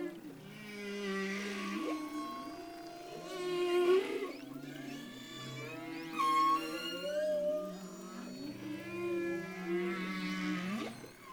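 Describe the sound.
Humpback whale song with layered low moans and groans, short rising whoops and a brief high squeal midway, phrases following one another continuously.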